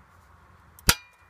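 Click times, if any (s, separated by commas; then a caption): 0.9 s. A plastic cable connector is pushed into an electrical box knockout hole from the inside. After a faint tick at 0.8 s, it gives a single sharp, bright snap at 0.9 s that quickly decays into quiet. The connector is seated in the knockout.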